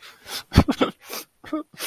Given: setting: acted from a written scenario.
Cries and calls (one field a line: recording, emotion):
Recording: vocal sound without words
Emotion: sadness